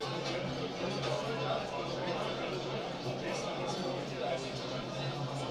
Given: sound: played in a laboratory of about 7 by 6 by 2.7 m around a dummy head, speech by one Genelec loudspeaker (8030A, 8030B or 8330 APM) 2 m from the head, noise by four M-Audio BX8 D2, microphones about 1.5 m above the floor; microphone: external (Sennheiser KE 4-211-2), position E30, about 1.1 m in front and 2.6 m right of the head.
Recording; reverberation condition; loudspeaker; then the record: cafeteria noise; low; four, about 170 cm from the corners of the room and facing them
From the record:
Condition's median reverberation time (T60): about 310 ms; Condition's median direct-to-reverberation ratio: about 3.5 dB